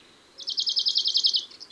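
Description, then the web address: Western Bonelli's warbler giving one brief, dry trill of about a dozen rapid, identical notes, lasting roughly a second. Recorded in June. "Juin Le Pouillot de bonelli. album les-4-saisons-des-chants-doiseaux"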